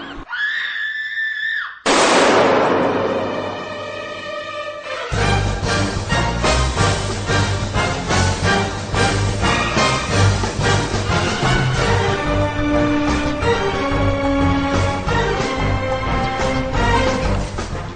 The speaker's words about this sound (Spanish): Hay que ver el grito, el frenazo, vaya entradita que tiene esta sección